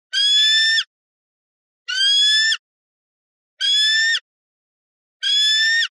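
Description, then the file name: Eagle screeching calls, four identical harsh, high, ringing screams of under a second each, repeated about every 1.7 seconds with silence between. "smartsound ANIMAL BIRD OF PREY Eagle Call"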